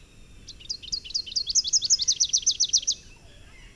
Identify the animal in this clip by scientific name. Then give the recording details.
Basileuterus rufifrons. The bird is a male. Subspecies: salvini. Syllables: 29. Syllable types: 7. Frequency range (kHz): 2.3-6.7 kHz. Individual TX-NWS-M